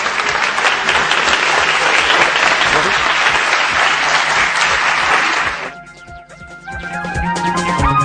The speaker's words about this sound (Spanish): Muchísimas gracias, por favor, un gran aplauso.